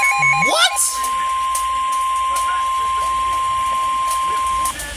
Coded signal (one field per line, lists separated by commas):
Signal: Emergency Alert System (SAME) tones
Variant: 1050 Hz attention tone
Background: speech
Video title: TORNADO WARNING.(EAS#292-#295)